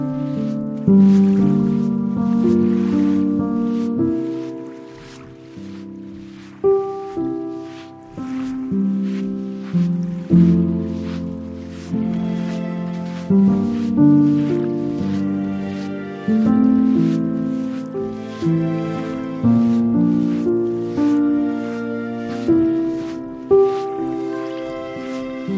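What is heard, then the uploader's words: Piano and strings play over low, sustained synth drones, the chords shifting every few seconds. Soft struck notes fall at a steady, unhurried pace, each swelling and fading, with bright upper tones glinting above a warm bass. Kelley Point Soundwalk distinctly captures the sound of the lapping Columbia River with ASMR-like sensitivity, forming a unique backdrop for piano, strings, and hushed, undulating synth drones.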